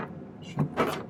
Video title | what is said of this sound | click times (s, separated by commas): Delicate Minimalist Pendant: A Silversmithing Tutorial | slide this down here. Kind of click in place like that. | 0.6 s